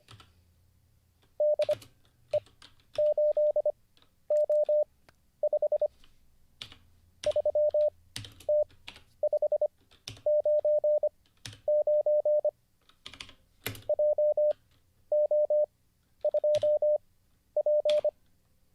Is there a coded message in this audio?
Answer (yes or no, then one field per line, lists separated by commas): yes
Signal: Morse code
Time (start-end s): 1.4-18.1 s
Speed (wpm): 25 wpm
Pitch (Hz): 600 Hz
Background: none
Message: DE8O5 3T599 JO2P